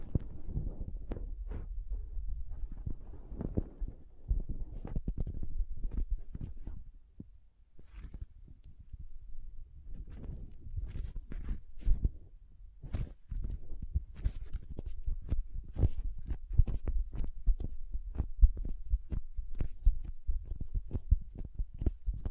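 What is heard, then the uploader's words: Soft, squishy, sticky handling with crinkles, a dense run of quick low thuds and sharp clicks, briefly quieter around seven to ten seconds. Soft Squishy Sticky, Crinkle, Cutting Sounds.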